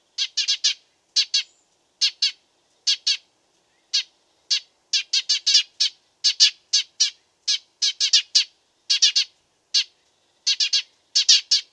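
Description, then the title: Dead Sea Sparrow chirping in a steady series of short groups of one to a few notes, bright and scratchy, with nothing else heard. Master song for training songbirds (masteran). "burung gereja dead sea masteran"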